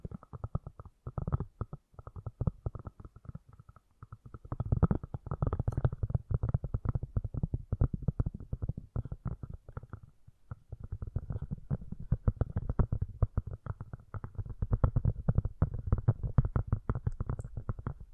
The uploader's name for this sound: Fast & Gentle Tapping